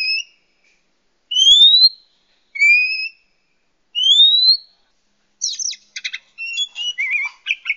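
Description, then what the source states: Oriental magpie-robin song: several bright upslurred whistles with pauses between, then a quick jumble of scratchy, chattering notes near the end. Lure recording used to attract the bird.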